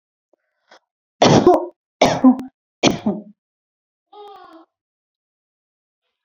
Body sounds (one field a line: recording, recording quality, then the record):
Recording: shallow voluntary cough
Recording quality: excellent, no background noise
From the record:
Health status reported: healthy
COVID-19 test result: not tested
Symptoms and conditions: none ticked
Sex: female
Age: 33 years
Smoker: not ticked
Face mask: not worn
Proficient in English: yes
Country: India